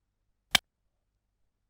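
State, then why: Seated. A Böker Bonfire folding knife is flicked open with a lot of force, and its metal liner lock, which tends to stick, snaps across behind the blade. A single sharp, bright click at 0.6 s stands out against silence. The liner lock is engaged and the blade is locked open.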